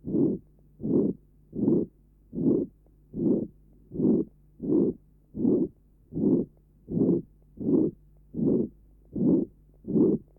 Patient has a ventricular septal defect. Recording taken at left sternal edge. Note the pansystolic murmur.